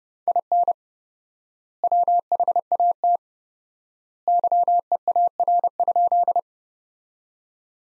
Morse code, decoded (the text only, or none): IN WHAT YEAR?